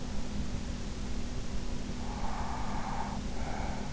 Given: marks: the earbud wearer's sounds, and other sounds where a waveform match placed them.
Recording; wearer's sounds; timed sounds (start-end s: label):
sounds in sleep by an in-ear microphone; breath
1.94-3.88 s: breath